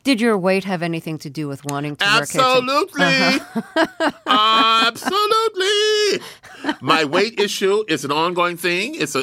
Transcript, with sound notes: Did your weight have anything to do with wanting to capes?
Absolutely.
(Laughter).
Absolutely. My weight issue is an ongoing thing.